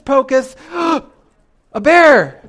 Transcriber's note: gasping